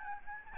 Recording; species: mosquito wingbeat signal from an infrared sensor; Aedes albopictus